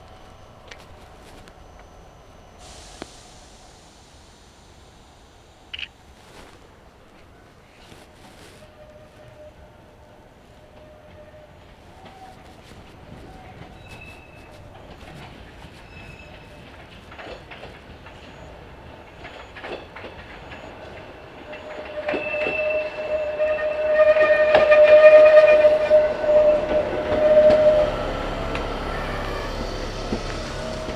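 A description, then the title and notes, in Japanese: A ride on the Yokkaichi Asunarou Railway: for the first twenty seconds there is only a low, quiet rumble with a few sharp clicks around three and six seconds. After about twenty-two seconds the train grows louder, with rattling and a steady high squeal near twenty-five seconds. 四日市あすなろう鉄道 内部→日永→西日野→日永。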